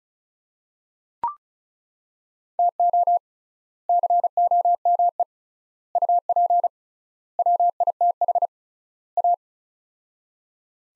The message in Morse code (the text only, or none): TO COME UP WITH A